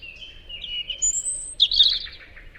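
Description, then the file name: European robin song: thin, drawn-out high whistles sliding in pitch, then a rapid, tumbling burst of twittering notes. "Tomas Belka - Zaryanka Erithacus rubecula"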